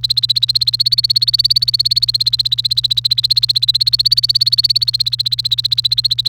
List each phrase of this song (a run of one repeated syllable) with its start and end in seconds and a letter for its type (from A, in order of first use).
0.00-6.28 A